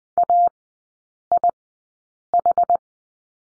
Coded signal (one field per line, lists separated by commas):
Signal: Morse code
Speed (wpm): 20 wpm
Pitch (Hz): 700 Hz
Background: none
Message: AIH